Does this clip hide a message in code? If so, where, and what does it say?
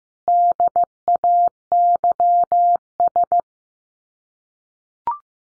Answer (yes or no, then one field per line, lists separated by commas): yes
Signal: Morse code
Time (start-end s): 0.3-3.4 s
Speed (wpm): 15 wpm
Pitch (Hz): 700 Hz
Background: none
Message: DAYS